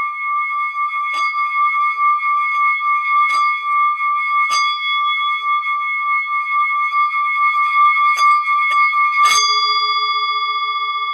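Crystal singing bowls ring with a steady, pure tone held throughout, with a bright higher overtone above it. Sharp strikes land every second or two, at about 1, 3.3, 4.5, 8.2 and 9.3 seconds, and after the last one a lower tone takes over and hums to the end.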